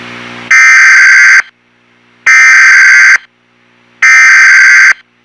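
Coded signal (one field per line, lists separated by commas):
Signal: Emergency Alert System (SAME) tones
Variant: header bursts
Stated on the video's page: Simulated EAS scenario, not a real alert.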